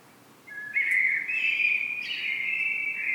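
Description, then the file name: Common blackbird delivering a steady fluted phrase with slight pitch wavers, continuing for nearly three seconds. "Turdus merula"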